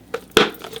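A plastic lid is pressed onto a small food storage container. A light tap at 0.1 s comes first, then a sharp, loud snap at 0.4 s as the lid seals, followed by a few faint clicks. The lid is seated and the container is closed and sealed.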